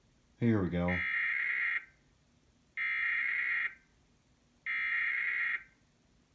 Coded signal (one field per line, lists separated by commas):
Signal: Emergency Alert System (SAME) tones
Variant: header bursts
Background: speech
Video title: Tornado Warning EAS#174 on tv